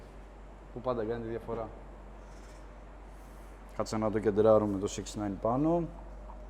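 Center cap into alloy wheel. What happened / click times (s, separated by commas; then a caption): The cap is being lined up; nothing has snapped in yet / none. A wheel center cap is being lined up so its 6-9 logo sits on top before being pressed into an alloy wheel on a Subaru Impreza. Only someone talking is heard over a steady background hiss. Nothing has seated or clicked yet.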